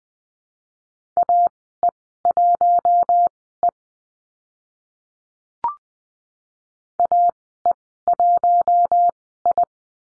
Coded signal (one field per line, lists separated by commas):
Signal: Morse code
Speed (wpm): 20 wpm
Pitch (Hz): 700 Hz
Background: none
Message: AE1E AE1I